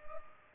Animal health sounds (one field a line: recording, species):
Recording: mosquito wingbeat signal from an infrared sensor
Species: Culex pipiens